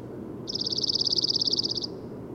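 Bird song as one fast high trill of even pulses, holding steady pitch for over a second before stopping, above a soft low background hum.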